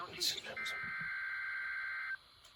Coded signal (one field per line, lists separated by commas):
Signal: Emergency Alert System (SAME) tones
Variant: header bursts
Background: speech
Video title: EAS 285 - Severe Thunderstorm Warning